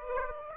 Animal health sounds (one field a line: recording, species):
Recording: mosquito wingbeat signal from an infrared sensor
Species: Aedes aegypti